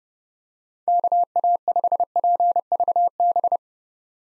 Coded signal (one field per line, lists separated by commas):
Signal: Morse code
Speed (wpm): 30 wpm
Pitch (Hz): 700 Hz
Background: none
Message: KA5PVB